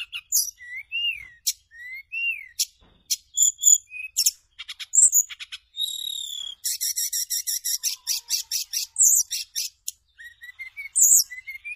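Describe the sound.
Bird song, a rich varied medley of high chirps, trills, buzzy rattles and slurred whistles, with rapid repeated notes in quick succession and brief pauses.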